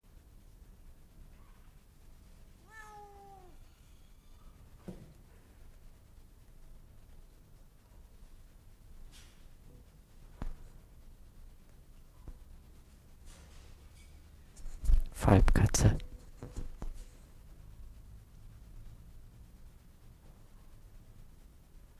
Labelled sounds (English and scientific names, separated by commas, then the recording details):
Wildcat (Felis silvestris) call
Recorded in captivity
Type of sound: call
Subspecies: griselda
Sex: female
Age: adult
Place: Zoo Berlin, Berlin, DE
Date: 1958-12-24 11:45
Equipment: Vollspur
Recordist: Tembrock, Günter
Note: Falbkatze. Weibchen: Maunzen